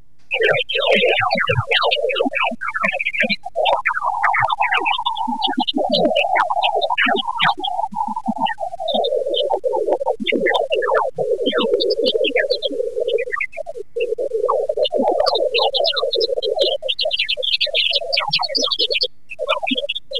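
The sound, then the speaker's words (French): Jupiter's radio bursts, very brief emissions lasting a few milliseconds, turned into sound: a dense, continuous swarm of rapid chirps and sweeping whistles, each gliding from high to low pitch, over a steady hum, busy and birdsong-like, with no voices. “Oui, alors en fait, on a entendu là une multitude, l'image sonore d'une multitude de sursauts.”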